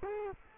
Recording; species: mosquito wingbeat signal from an infrared sensor; Culex quinquefasciatus